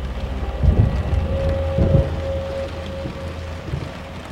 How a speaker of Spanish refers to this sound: Incluso el refugio de una tumba era bienvenido en medio de aquella despiadada tempestad